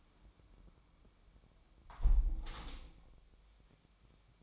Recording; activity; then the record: daily activity, microphone in the room; close window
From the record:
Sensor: 1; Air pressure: 1006.4 hPa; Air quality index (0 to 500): 207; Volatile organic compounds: 23 ppm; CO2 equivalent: 2782 ppm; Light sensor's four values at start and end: 12/30/12/13 and 11/30/11/13